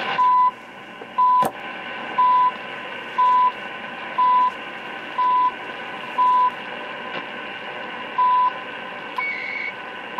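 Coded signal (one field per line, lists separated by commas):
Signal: radio time signal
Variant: CHU Canada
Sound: short 1 kHz tone pulses ticking each second, one second missing, over hiss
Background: radio static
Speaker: now let's go to the loop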